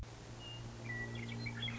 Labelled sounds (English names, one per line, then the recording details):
Western Meadowlark
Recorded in Sonoma County, California